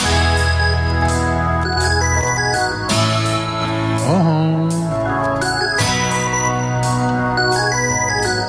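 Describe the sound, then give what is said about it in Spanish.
An electronic keyboard plays a steady, loud melody over sustained chords, with a brief pitch-bending note midway and crisp bright tones throughout; a voice briefly exclaims once. “Tan lindo que suena el keyboard.”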